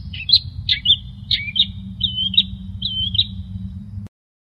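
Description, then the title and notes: Long-tailed shrike song: a series of short whistled notes with quick up-and-down inflections, spaced unevenly over about three seconds, over a steady low hum. Cage-bird training recording. "Masteran Burung Cendet"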